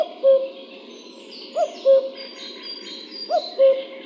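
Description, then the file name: Common cuckoo giving its two-note cu-coo, a higher first note dropping to a lower second, repeated about every 1.7 seconds, with faint chirping birds in the background. "Cuculo"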